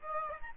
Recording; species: mosquito wingbeat signal from an infrared sensor; Aedes albopictus